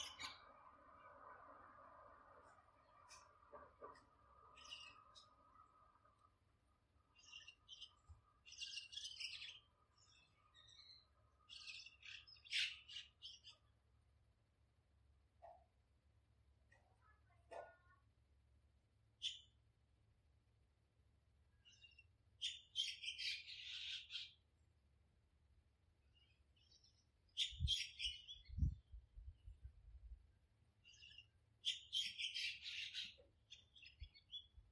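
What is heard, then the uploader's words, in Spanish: Birds sing in a garden in the morning, with bursts of bright, rapid chirping and twittering that come and go every few seconds. A low steady hum runs underneath throughout, and a lower murmur fills the opening five seconds before fading. Grabé el sonido de los pájaros en mi jardín cada mañana.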